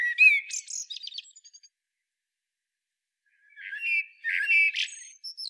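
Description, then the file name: Eurasian blackbird song fragments: a squeaky high twitter, then after a pause a rich warbling phrase ending in thin, high notes. "Turdus merula"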